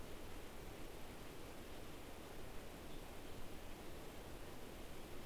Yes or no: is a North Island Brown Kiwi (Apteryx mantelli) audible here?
no